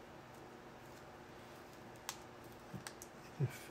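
A plastic chrome trim piece is pressed into the body of a 1970 Dodge Charger scale model car. Over a quiet background, sharp clicks sound at 2.1, 2.9 and 3.0 seconds, followed by a few softer low thumps. The trim snaps into place and fits snugly.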